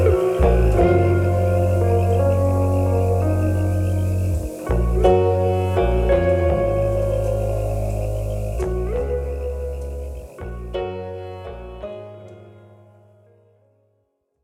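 Background music with a deep, sustained bass line and layered tones above it. The chords shift every second or two, with clear changes near the start, around five seconds and again near nine and eleven seconds. The music then thins out and fades to silence by fourteen seconds.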